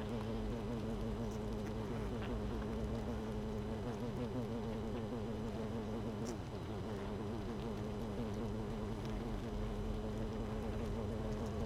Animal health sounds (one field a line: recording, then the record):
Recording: honeybee colony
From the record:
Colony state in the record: missing queen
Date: 31 May 2018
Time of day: 7:19